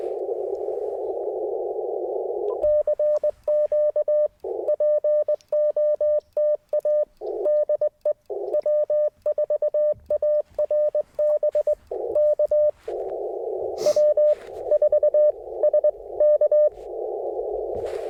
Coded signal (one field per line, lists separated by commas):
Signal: Morse code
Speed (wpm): 20 wpm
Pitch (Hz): 590 Hz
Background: radio noise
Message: CQ POTA DE W4ARB K W4SK